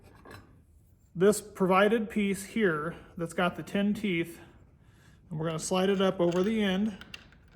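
A man talks while a provided 10-tooth blade adapter piece is slid up over the end of the gear head shaft of a brush cutter trimmer, during installation of a Bularie carbide tip brush cutter trimmer blade. Brief faint ticks are heard near the end, and nothing has seated or clicked yet.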